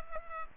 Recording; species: mosquito wingbeat signal from an infrared sensor; Culex pipiens